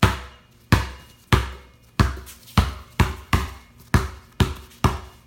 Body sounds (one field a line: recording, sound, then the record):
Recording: sound for misophonia research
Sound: basketball dribbling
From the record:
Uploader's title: Basket ball sound effect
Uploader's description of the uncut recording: You are welcome to use this sound. Please visit my Youtube channel and support me back by SUBSCRIBE Thanks!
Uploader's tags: basketball-sound, play-basketball, basketball, dribbling